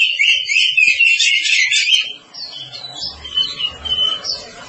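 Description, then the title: Oriental magpie-robin song, a dense, rich run of sweet whistles and trills for two seconds, then softer scattered notes over low background noise. "Kacer"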